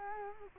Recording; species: mosquito wingbeat signal from an infrared sensor; Culex quinquefasciatus